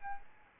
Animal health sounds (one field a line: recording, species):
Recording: mosquito wingbeat signal from an infrared sensor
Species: Aedes albopictus